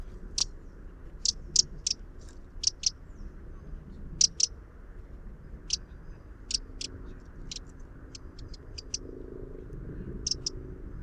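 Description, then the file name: Eurasian wren calls: sharp, dry ticking notes, given singly or in quick pairs at irregular intervals, over a steady low rumble of background noise. "Troglodytes troglodytes"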